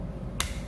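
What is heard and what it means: An RJ45 plug on an internet cable is pushed into port 1 of a Mikrotik router. A single sharp click at 0.4 s stands out over low background hum, and the plug is seated in the port.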